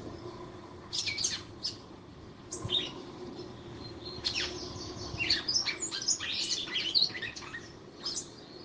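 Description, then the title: Red-cowled cardinal song: lively run of high, scratchy chirps and twitters, densest in the second half. Fiery female singing to the male. "Canto Galo Campina Fêmea. FÊMEA DE GALO DE CAMPINA FOGOSA CANTANDO PRO MACHO"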